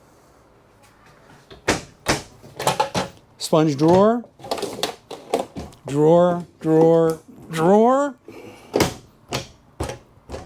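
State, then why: Seated. Kitchen drawers in a Class C RV are pushed shut and catch in their friction locks, while someone talks over short knocks and clatter from the drawers. Sharp clicks come at about 8.8, 8.8 and 9.4 seconds as the drawers seat and lock in place.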